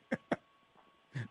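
Three short, harsh voiced bursts: two quick honks followed by a longer one a second later. A person imitates a small dog's intermittent honking cough, like a barking seal or a honking goose, which is not constant. Such a honk can reflect a reverse sneeze or a collapsing trachea.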